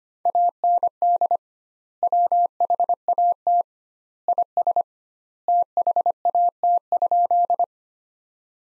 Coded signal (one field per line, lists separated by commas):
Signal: Morse code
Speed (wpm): 25 wpm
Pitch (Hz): 700 Hz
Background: none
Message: AND WHAT IS THAT?